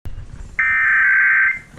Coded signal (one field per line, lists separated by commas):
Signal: Emergency Alert System (SAME) tones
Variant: header bursts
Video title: EAS #168- Georgia Required Monthly Test on WFSH, WAKL, WVEE, and WSTR